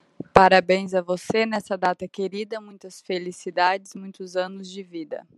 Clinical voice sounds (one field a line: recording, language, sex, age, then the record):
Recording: short text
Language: Brazilian Portuguese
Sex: female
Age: 30 to 39 years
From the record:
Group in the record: control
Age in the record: 30 years